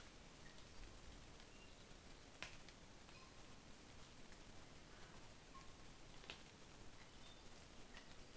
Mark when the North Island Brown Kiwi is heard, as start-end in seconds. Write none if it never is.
none